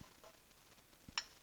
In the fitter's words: Let's see here. There it was. We heard it click.